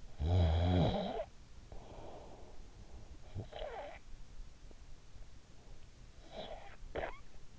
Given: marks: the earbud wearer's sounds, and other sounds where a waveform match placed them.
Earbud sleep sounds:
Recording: sounds in sleep by an in-ear microphone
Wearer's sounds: snoring breath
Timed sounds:
0.07-4.33 s: snoring breath
6.07-7.59 s: snoring breath

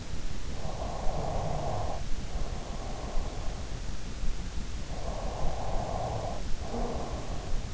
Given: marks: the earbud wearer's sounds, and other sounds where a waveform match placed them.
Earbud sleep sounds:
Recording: sounds in sleep by an in-ear microphone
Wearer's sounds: snoring breath, breath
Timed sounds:
0.15-3.06 s: snoring breath
4.59-7.74 s: breath

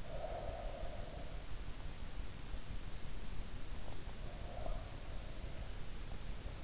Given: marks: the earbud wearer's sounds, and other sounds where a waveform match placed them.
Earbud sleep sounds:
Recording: sounds in sleep by an in-ear microphone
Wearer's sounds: breath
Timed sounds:
0.00-1.42 s: breath
4.19-4.96 s: breath

